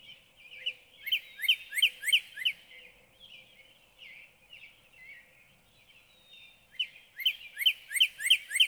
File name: Northern Cardinal